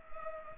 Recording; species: mosquito wingbeat signal from an infrared sensor; Culex pipiens